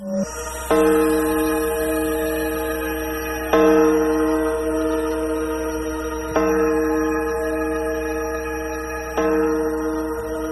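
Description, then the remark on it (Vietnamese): A large bell in the Cảnh Dương palace tolls four times at slow, even intervals, signaling the hour of the royal court audience, each strike ringing out with a rich, sustained hum that fades slowly into the next. “Trong cung Cảnh Dương, tiếng chuông vang lên báo hiệu giờ thượng triều.”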